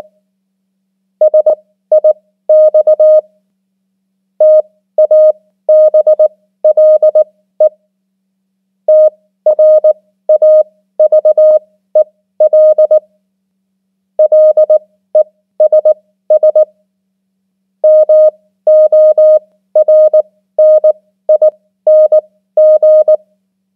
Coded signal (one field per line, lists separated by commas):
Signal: Morse code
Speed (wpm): 19 wpm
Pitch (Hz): 620 Hz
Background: none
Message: SIX TABLE TRAVEL LESS MORNING